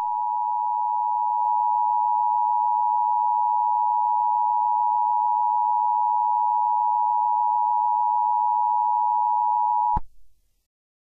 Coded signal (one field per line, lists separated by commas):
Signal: Emergency Alert System (SAME) tones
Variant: 853 and 960 Hz attention tone